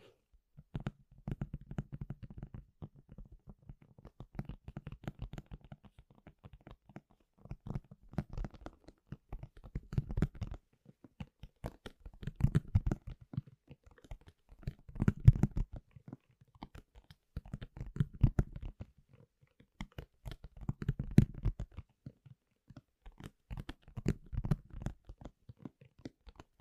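Household objects crunch and tear in dense bursts of sharp clicks, repeating every two to three seconds, with brief quiet gaps between.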